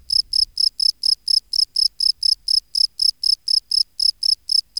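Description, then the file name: Field cricket song, evenly spaced high chirps repeated steadily over a very quiet background. "Bio Acoustica Gryllus campestris"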